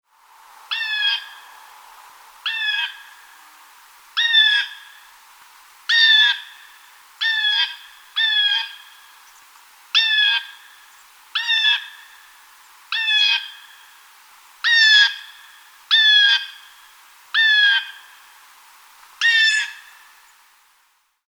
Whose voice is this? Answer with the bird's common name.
Blue Jay